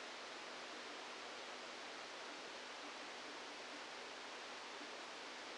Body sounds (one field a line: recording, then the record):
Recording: brain microelectrode recording played as sound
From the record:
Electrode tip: outside the subthalamic nucleus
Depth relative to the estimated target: -8 mm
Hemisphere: left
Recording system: NeuroSet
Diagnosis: Parkinson's disease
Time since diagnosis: 27 years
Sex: male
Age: 62 years